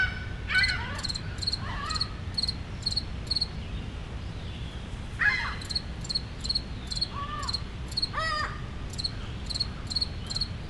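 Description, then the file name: Cricket chirping in short high pulses with pauses, seagulls calling now and then and a low steady rumble underneath. Single cricket in a park with seagulls and city rumble, Montreal, Canada. "amb park solo cricket seagulls city rumble montreal canada loop"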